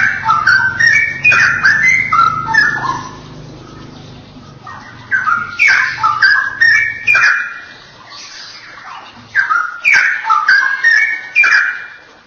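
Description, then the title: Oriental magpie-robin song in loud bursts of varied whistles and sharp notes, separated by short pauses; a low hum underlies the first half. "Kicau Kacer"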